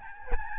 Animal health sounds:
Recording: mosquito wingbeat signal from an infrared sensor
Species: Aedes albopictus

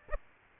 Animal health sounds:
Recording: mosquito wingbeat signal from an infrared sensor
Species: Aedes aegypti

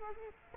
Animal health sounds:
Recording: mosquito wingbeat signal from an infrared sensor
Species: Culex quinquefasciatus

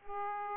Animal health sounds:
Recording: mosquito wingbeat signal from an infrared sensor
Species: Aedes aegypti

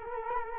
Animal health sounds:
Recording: mosquito wingbeat signal from an infrared sensor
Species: Culex quinquefasciatus

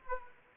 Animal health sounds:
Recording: mosquito wingbeat signal from an infrared sensor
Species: Anopheles arabiensis

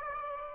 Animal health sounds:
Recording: mosquito wingbeat signal from an infrared sensor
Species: Aedes aegypti

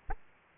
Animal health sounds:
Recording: mosquito wingbeat signal from an infrared sensor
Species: Aedes aegypti

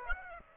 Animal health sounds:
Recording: mosquito wingbeat signal from an infrared sensor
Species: Aedes aegypti

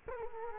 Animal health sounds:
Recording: mosquito wingbeat signal from an infrared sensor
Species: Culex quinquefasciatus

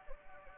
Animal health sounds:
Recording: mosquito wingbeat signal from an infrared sensor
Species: Anopheles gambiae

